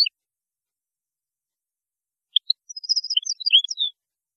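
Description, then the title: European goldfinch giving a short burst of bright, high twittering notes after a couple of isolated chirps. "Chant Chardonneret"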